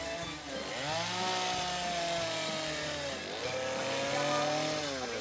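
A chainsaw runs steadily for several seconds, its engine whine rising and falling in pitch as it bites into wood, loud and continuous with no voices.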